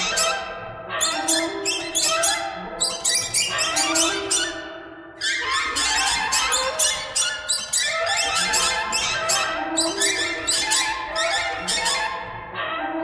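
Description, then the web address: A group of birds calling noisily, sharp squeaky notes piling up in rapid, irregular volleys with barely a gap. "soundfactory birds"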